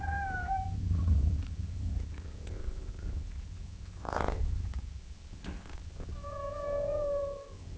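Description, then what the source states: Cat purring softly with a meow at the start and another long, level meow near the end. Cat gently meowing and purring at long intervals.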